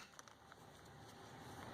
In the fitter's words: plug it into your transponder till you hear it click